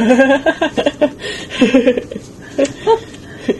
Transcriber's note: laughter